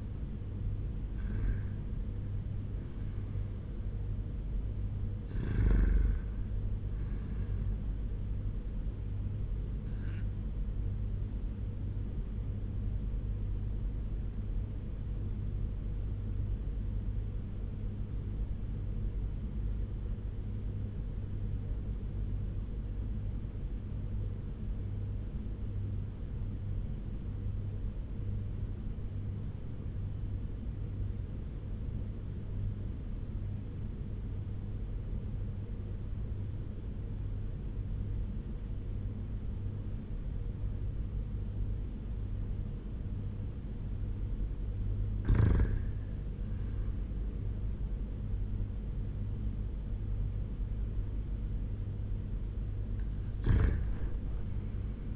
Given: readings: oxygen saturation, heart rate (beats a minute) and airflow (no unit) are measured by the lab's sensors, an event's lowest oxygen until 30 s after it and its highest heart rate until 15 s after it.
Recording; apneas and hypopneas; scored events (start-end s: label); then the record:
breathing in sleep by a smartphone at the bedside; 1
14.00-45.60 s: obstructive apnea (N1, oxygen 97% highest, then 86% lowest, heart rate 84 at the start, 93 highest)
34.00-55.16 s: new sleep stage, REM sleep
From the record:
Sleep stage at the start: N1 (lightest sleep); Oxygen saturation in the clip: 84 to 97%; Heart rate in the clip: 82 to 93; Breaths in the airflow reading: 4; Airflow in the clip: -6.8 to 5.0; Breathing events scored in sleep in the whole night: 201 in 6.5 hours asleep